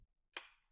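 Two tubes of a metal bed rail's inner base are pushed together, and the spring push-pin pops into its hole with a sharp, bright click at 0.4 s that rings out briefly before fading. The pin is seated and the base is connected.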